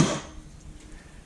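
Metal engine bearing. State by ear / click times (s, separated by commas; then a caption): not seated / none. A crankshaft is handled as it goes into a CB125E motorcycle engine crankcase half, with its main bearing not yet pressed home. A short broadband noise at the start fades within about 0.2 seconds, followed by quiet handling and a sharp burst right at the end around 1.3 seconds. Nothing has seated or clicked yet.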